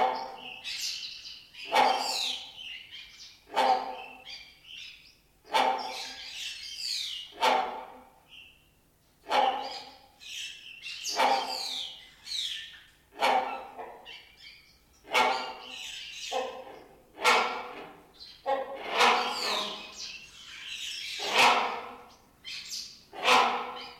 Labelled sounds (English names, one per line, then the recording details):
Great Hornbill
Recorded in captivity
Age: adult
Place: Zoo Berlin, Berlin, DE
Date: 1992-04-04 10:21
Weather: bedeckt, 5-8°C
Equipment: Nagra SN, Mikrofon AKG CK 8, Kopie Tesla B 116
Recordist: Tembrock, Günter